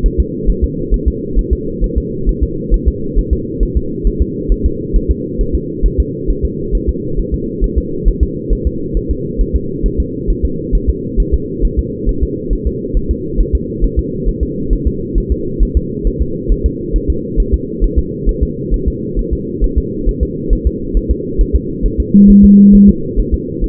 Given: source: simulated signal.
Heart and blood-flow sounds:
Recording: fetal heart sounds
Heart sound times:
0.06 s: S1
0.20 s: S2
0.50 s: S1
0.64 s: S2
0.94 s: S1
1.08 s: S2
1.39 s: S1
1.53 s: S2
1.84 s: S1
1.98 s: S2
2.29 s: S1
2.43 s: S2
2.74 s: S1
2.88 s: S2
3.19 s: S1
3.33 s: S2
3.63 s: S1
3.77 s: S2
4.07 s: S1
4.22 s: S2
4.52 s: S1
4.66 s: S2
4.96 s: S1
5.11 s: S2
5.41 s: S1
5.55 s: S2
5.86 s: S1
6.00 s: S2
6.30 s: S1
6.45 s: S2
6.75 s: S1
6.89 s: S2
7.19 s: S1
7.34 s: S2
7.64 s: S1
7.78 s: S2
8.08 s: S1
8.23 s: S2
8.53 s: S1
8.67 s: S2
8.97 s: S1
9.11 s: S2
9.41 s: S1
9.56 s: S2
9.86 s: S1
10.00 s: S2
10.30 s: S1
10.45 s: S2
10.75 s: S1
10.90 s: S2
11.20 s: S1
11.34 s: S2
11.65 s: S1
11.79 s: S2
12.09 s: S1
12.23 s: S2
12.53 s: S1
12.67 s: S2
12.97 s: S1
13.11 s: S2
13.41 s: S1
13.55 s: S2
13.84 s: S1
13.99 s: S2
14.28 s: S1
14.43 s: S2
14.73 s: S1
14.87 s: S2
15.18 s: S1
15.32 s: S2
15.63 s: S1
15.77 s: S2
16.07 s: S1
16.22 s: S2
16.52 s: S1
16.66 s: S2
16.96 s: S1
17.10 s: S2
17.40 s: S1
17.54 s: S2
17.84 s: S1
17.99 s: S2
18.29 s: S1
18.43 s: S2
18.74 s: S1
18.88 s: S2
19.19 s: S1
19.33 s: S2
19.64 s: S1
19.78 s: S2
20.09 s: S1
20.23 s: S2
20.53 s: S1
20.67 s: S2
20.97 s: S1
21.11 s: S2
21.41 s: S1
21.56 s: S2
21.86 s: S1
22.00 s: S2
22.30 s: S1
22.45 s: S2
22.75 s: S1
22.89 s: S2
23.20 s: S1
23.34 s: S2
23.64 s: S1
From the record:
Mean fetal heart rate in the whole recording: 135 bpm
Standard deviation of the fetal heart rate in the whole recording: 3 bpm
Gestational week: 36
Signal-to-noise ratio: -6.6 dB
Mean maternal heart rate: 72 bpm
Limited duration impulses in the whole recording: present

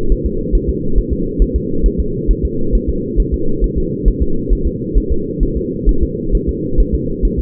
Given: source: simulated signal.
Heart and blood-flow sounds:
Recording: fetal heart sounds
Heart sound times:
0.12 s: S1
0.26 s: S2
0.55 s: S1
0.70 s: S2
0.98 s: S1
1.13 s: S2
1.42 s: S1
1.56 s: S2
1.86 s: S1
2.00 s: S2
2.31 s: S1
2.45 s: S2
2.75 s: S1
2.90 s: S2
3.20 s: S1
3.34 s: S2
3.64 s: S1
3.78 s: S2
4.08 s: S1
4.22 s: S2
4.53 s: S1
4.67 s: S2
4.98 s: S1
5.12 s: S2
5.43 s: S1
5.57 s: S2
5.89 s: S1
6.03 s: S2
6.35 s: S1
6.49 s: S2
6.80 s: S1
6.95 s: S2
7.25 s: S1
7.39 s: S2
From the record:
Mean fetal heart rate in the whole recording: 135 bpm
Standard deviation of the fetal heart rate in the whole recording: 3 bpm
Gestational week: 36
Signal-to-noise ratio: -8.1 dB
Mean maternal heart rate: 72 bpm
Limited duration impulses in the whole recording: absent

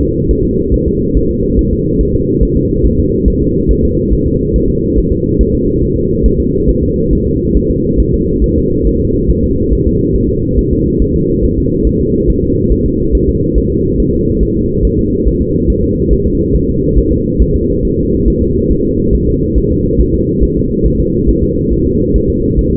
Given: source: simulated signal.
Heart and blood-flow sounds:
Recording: fetal heart sounds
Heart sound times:
0.02 s: S2
0.31 s: S1
0.45 s: S2
0.74 s: S1
0.88 s: S2
1.17 s: S1
1.31 s: S2
1.59 s: S1
1.73 s: S2
2.01 s: S1
2.15 s: S2
2.43 s: S1
2.57 s: S2
2.86 s: S1
3.00 s: S2
3.28 s: S1
3.42 s: S2
3.71 s: S1
3.85 s: S2
4.14 s: S1
4.27 s: S2
4.56 s: S1
4.70 s: S2
4.98 s: S1
5.12 s: S2
5.41 s: S1
5.55 s: S2
5.83 s: S1
5.97 s: S2
6.26 s: S1
6.40 s: S2
6.69 s: S1
6.83 s: S2
7.13 s: S1
7.27 s: S2
7.57 s: S1
7.71 s: S2
8.00 s: S1
8.14 s: S2
8.44 s: S1
8.58 s: S2
8.87 s: S1
9.01 s: S2
9.30 s: S1
9.44 s: S2
9.73 s: S1
9.87 s: S2
10.16 s: S1
10.30 s: S2
10.59 s: S1
10.73 s: S2
11.02 s: S1
11.16 s: S2
11.44 s: S1
11.58 s: S2
11.87 s: S1
12.01 s: S2
12.30 s: S1
12.44 s: S2
12.72 s: S1
12.86 s: S2
13.15 s: S1
13.29 s: S2
13.58 s: S1
13.72 s: S2
14.00 s: S1
14.14 s: S2
14.43 s: S1
14.57 s: S2
14.85 s: S1
14.99 s: S2
15.28 s: S1
15.42 s: S2
15.70 s: S1
15.84 s: S2
16.13 s: S1
16.27 s: S2
16.56 s: S1
16.69 s: S2
16.98 s: S1
17.12 s: S2
17.42 s: S1
17.56 s: S2
17.85 s: S1
17.99 s: S2
18.28 s: S1
18.42 s: S2
18.72 s: S1
18.86 s: S2
19.15 s: S1
19.29 s: S2
19.58 s: S1
19.72 s: S2
20.01 s: S1
20.15 s: S2
20.43 s: S1
20.57 s: S2
20.86 s: S1
21.00 s: S2
21.29 s: S1
21.43 s: S2
21.73 s: S1
21.87 s: S2
22.16 s: S1
22.30 s: S2
22.59 s: S1
22.73 s: S2
From the record:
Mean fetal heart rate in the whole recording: 140 bpm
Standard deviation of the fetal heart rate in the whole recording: 2 bpm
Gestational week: 34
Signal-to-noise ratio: -10.2 dB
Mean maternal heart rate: 72 bpm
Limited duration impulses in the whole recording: present

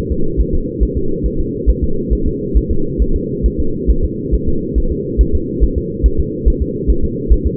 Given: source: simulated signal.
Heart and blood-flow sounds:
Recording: fetal heart sounds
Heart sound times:
0.12 s: S2
0.41 s: S1
0.55 s: S2
0.83 s: S1
0.97 s: S2
1.26 s: S1
1.40 s: S2
1.70 s: S1
1.84 s: S2
2.13 s: S1
2.27 s: S2
2.57 s: S1
2.71 s: S2
3.02 s: S1
3.16 s: S2
3.46 s: S1
3.60 s: S2
3.91 s: S1
4.04 s: S2
4.34 s: S1
4.48 s: S2
4.78 s: S1
4.92 s: S2
5.21 s: S1
5.35 s: S2
5.64 s: S1
5.78 s: S2
6.06 s: S1
6.20 s: S2
6.48 s: S1
6.62 s: S2
6.90 s: S1
7.04 s: S2
7.32 s: S1
7.46 s: S2
From the record:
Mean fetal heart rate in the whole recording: 140 bpm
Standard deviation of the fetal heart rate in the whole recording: 2 bpm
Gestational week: 34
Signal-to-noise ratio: -8.1 dB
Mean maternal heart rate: 72 bpm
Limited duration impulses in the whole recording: absent

